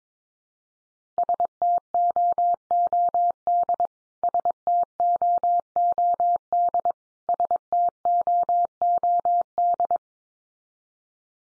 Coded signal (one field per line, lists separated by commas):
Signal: Morse code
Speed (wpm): 22 wpm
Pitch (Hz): 700 Hz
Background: none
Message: STOOD STOOD STOOD